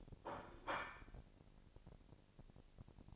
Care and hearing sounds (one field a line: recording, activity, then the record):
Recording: daily activity, microphone in the room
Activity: place plate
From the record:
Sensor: 5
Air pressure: 1007.6 hPa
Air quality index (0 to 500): 91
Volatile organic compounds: 1 ppm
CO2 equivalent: 718 ppm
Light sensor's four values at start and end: 36/84/34/35 and 36/84/34/35